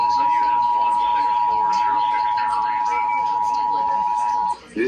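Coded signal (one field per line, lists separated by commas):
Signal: Emergency Alert System (SAME) tones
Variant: 853 and 960 Hz attention tone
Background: speech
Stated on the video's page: Required Monthly Test relayed by Seattle-area FM, HD, TV and AM stations.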